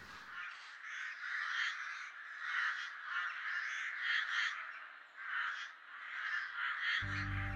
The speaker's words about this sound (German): Die Krähen schreien und ziehen schwirrend flugs zur Stadt.